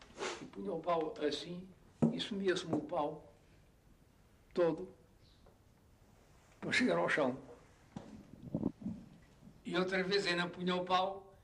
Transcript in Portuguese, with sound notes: e punha o pau assim e sumia-se-me o pau [pausa] todo [pausa] para chegar ao chão. [pausa] E outras vezes eu não punha o pau,